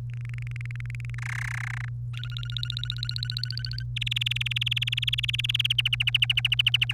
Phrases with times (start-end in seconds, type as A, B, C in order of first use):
0.14-1.15 A, 1.18-1.89 B, 2.14-3.83 C, 3.97-5.73 D, 5.78-6.93 E